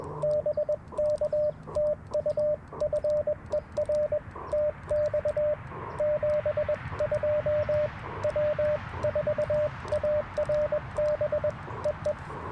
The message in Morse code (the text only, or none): BK TU FER TX 72 W4ARB EE